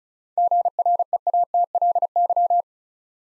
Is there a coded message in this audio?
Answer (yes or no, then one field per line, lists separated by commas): yes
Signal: Morse code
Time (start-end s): 0.4-2.6 s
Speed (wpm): 36 wpm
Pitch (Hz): 700 Hz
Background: none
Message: GREATLY